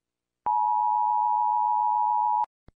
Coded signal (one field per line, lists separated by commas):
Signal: Emergency Alert System (SAME) tones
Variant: 853 and 960 Hz attention tone